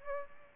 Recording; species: mosquito wingbeat signal from an infrared sensor; Aedes albopictus